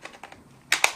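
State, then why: Not seated. Someone tries to set the silver plastic toy watch (DX Zi-O Ridewatch II, Kamen Rider Zi-O) into a linked toy belt driver. Faint light clicks come at about 0.1, 0.2 and 0.3 s, then two sharp, louder plastic clacks at about 0.7 and 0.8 s. The crown part interferes, so the watch will not fit and nothing has seated or clicked into place yet.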